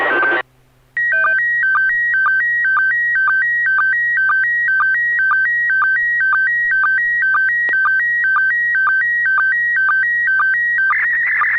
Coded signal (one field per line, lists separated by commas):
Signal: SSTV (slow-scan television)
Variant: PD 120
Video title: N6NA SSTV Net - 02/22/2023